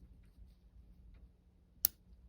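After the bolt ear is ground, the hammer of a Pietta Colt 1860 Army revolver is brought down, and the modified steel cylinder bolt snaps up into place on the hammer cam, about even with the frame. A single sharp metallic click is heard at 1.9 s over a quiet low hum, and the bolt is confirmed resetting, resolving the cylinder lockup timing issue.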